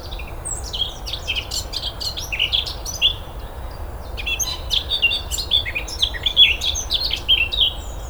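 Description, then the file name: Eurasian blackcap song, a dense, fast chattering warble of varied scratchy and whistled notes running almost without pause, with low background rumble. "Sylvia atricapilla"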